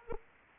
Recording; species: mosquito wingbeat signal from an infrared sensor; Anopheles arabiensis